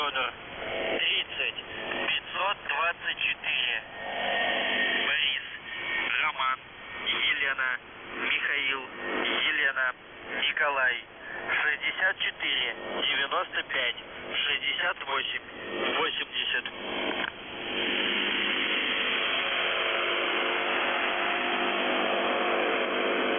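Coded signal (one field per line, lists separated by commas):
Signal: numbers station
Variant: UVB-76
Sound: a voice reading short words over shortwave static, then only hiss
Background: radio static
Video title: The Buzzer/UVB-76(4625Khz) Feb. 4th 2020 15:08UTC Voice message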